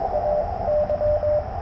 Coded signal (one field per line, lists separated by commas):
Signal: Morse code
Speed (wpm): 23 wpm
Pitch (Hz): 590 Hz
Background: none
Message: A Y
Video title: CW POTA at US-4567 with the Yaesu 891